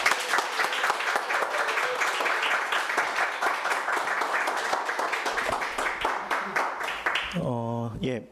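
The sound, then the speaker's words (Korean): An audience applauds to welcome a priest before his lecture in Sanggye-dong: dense, steady clapping from many hands for about seven seconds, fairly loud and even, before a voice starts speaking as the applause fades. “박수로 우리 신부님 환영하면서 오늘 강의 같이 경청하도록 하겠습니다.”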